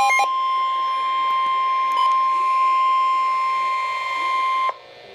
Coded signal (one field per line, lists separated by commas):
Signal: Emergency Alert System (SAME) tones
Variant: 1050 Hz attention tone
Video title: Tornado Warning - EAS #383